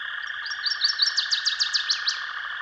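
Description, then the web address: Northern waterthrush singing a rapid run of ringing, down-slurred notes against a constant humming background. "Dan Gibson's Solitudes Songbirds. Northern Waterthrush"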